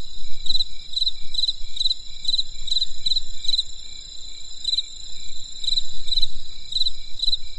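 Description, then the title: Insect call of crisp pulsed chirps, regular for a few seconds, then pausing before resuming, set against a constant shrill insect chorus and faint low noise. Insects calling on a winter night in the countryside. "There was a crisp sound of insects in the winter night."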